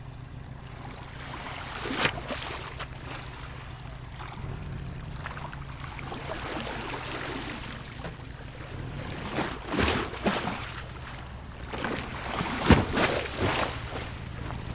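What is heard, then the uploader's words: Waves wash and splash against a waterfront, with bursts around 2, 10 and 12–13 seconds and a sharp slap near 12.7 seconds. Beneath them runs a steady low rumble like a boat engine, with a soft rising hum around 4–6 seconds. Waves behind Cais Do Sodre. Zoom H5 with XYH-5 head By J.-P.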